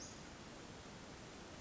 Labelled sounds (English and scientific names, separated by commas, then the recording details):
Western Flycatcher (Empidonax difficilis)
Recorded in Sonoma County, California